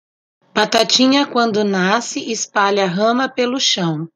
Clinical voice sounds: short text; Brazilian Portuguese; female; 40 to 49 years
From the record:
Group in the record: control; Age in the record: 42 years

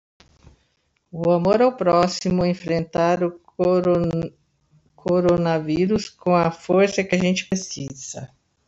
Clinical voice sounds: spoken sentence; Brazilian Portuguese; female; 60 to 69 years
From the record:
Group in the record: control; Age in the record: 69 years

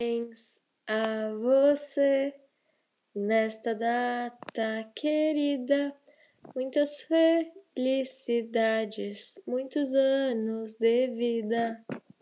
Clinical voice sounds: short text; Brazilian Portuguese; female; 18 to 19 years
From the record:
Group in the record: control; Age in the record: 18 years

